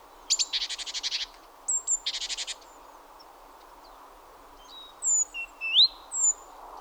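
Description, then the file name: Great tit calls: two rapid harsh buzzy chatters early on, then quiet, then several rising whistled notes with high squeaks. "Parus major"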